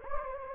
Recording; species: mosquito wingbeat signal from an infrared sensor; Anopheles gambiae